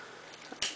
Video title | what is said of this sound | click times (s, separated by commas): Canon EOS 500D/T1i/KissX3 Video Tutorial 2 - Setting up the camera with tips. | turn until you hear it lock into place and that's the lens nice and secure on the camera body | 0.6 s